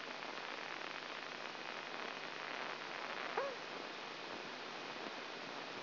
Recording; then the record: brain microelectrode recording played as sound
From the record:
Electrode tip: inside the subthalamic nucleus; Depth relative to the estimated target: 1 mm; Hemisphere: left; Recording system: AlphaMap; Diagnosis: Parkinson's disease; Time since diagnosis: 9 years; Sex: male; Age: 66 years